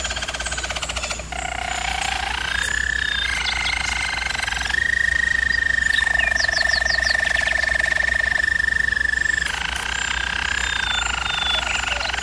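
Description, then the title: German Roller canary rolling song made of long continuous tours that switch pitch every few seconds, including a steady high whistle-like roll held for about five seconds. German Roller canary singing, for canary training. "German Roller Canary Singing - Canary Training Vid"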